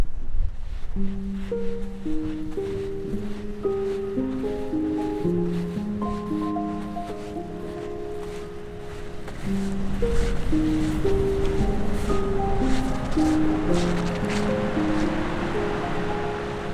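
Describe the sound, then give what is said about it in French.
Steady rushing of sea waves and gusting wind with rain on the coast of Iceland fills the whole stretch, swelling louder in the second half, while a gentle melodic tune of sustained notes plays over the noise. “Bon, on va aller se rapprocher un petit peu de la mer.”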